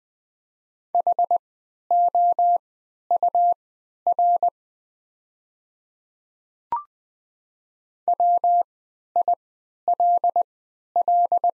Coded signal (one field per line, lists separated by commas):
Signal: Morse code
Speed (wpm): 20 wpm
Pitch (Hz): 700 Hz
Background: none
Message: HOUR WILL